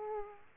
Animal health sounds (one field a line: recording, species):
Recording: mosquito wingbeat signal from an infrared sensor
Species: Aedes aegypti